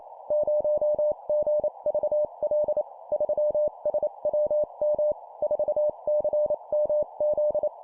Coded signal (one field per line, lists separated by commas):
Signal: Morse code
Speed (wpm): 28 wpm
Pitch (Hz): 600 Hz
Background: none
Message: 0GVL 3SWM 4CMZ